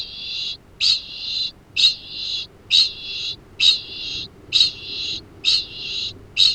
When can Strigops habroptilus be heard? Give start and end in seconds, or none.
0.00-6.55